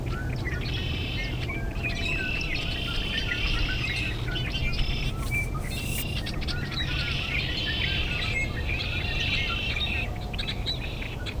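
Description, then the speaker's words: Red-winged blackbird song: several harsh, trilling phrases recurring every couple of seconds, mixed with brief chips and a steady low-pitched background hum. Favours wetlands, marshes and ponds throughout the region. "Bird Song Break, featuring the red-winged blackbird. Special thanks to the Cornell Lab of Ornithology."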